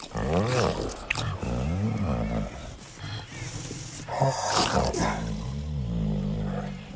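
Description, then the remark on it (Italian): A human voice imitates a male tiger's mating groan: low, wavering growls and moaning roars that rise and fall in pitch, loud and almost continuous for several seconds. “Ma come, appena riprodotto il verso della tigre maschio in amore prima della copula?”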